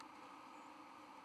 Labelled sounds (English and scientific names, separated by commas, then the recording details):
White-throated Sparrow (Zonotrichia albicollis) flight call
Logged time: 02:17 on 1 November 2014